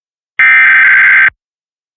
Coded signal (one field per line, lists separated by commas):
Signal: Emergency Alert System (SAME) tones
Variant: header bursts